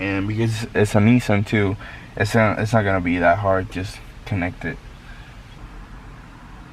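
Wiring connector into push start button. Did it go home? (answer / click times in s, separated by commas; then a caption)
no / none. A wiring harness connector is handled at the replacement push-start button in a Nissan 370Z dash while someone talks over a low background hum. Nothing has seated or clicked yet.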